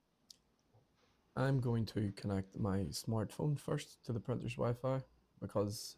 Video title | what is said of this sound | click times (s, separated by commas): Canon Pixma TS4150i Printer Setup: (Connect to WiFi, Load Paper, Scan, Install Ink) | then we're simply going to slide the tray back in and make sure it clicks into place. | 0.3 s